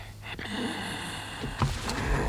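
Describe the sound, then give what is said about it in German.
Two short, muffled coughs from a lodger living in the attic of the house, rising briefly above a steady low hum, with no one speaking. “Da hustet einer!”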